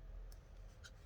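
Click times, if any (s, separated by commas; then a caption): 0.3 s. The can-opener/crank implement of a circa-1960s Barlow folding multi-tool made in Japan is closed into the pocket-tool frame; a small side piece retracts and the implement snaps shut with a faint metal click at 0.3 s over a low background hum. It is seated, snapping when closing but not when opening.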